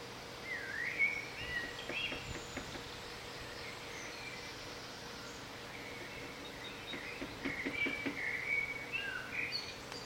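Bird song of varied whistles and twittering notes, early and again late, with scattered tapping clicks in between.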